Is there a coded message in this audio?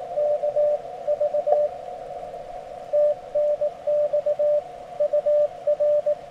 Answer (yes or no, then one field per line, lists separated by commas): yes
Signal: Morse code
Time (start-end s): 0.2-6.1 s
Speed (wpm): 18 wpm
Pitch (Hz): 580 Hz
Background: radio noise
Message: KV TNX UR